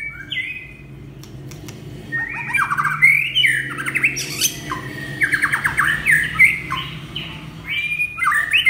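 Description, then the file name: White-rumped shama song: a long, varied stream of fluty whistles and rapid chattering notes, rising and falling, over a faint low hum. Champion bird from a singing contest. "suara murai batu juara lomba"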